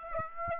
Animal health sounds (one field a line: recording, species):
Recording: mosquito wingbeat signal from an infrared sensor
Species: Aedes aegypti